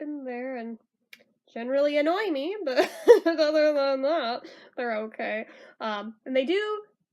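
A plastic lip balm case with a hinged flip lid (a Lip Smacker Dia De Los Muertos Sugar Skull Pan Dulce Flip Balm) is handled while someone talks throughout. The lid has not clicked shut yet, and nothing has seated or clicked before the clip ends.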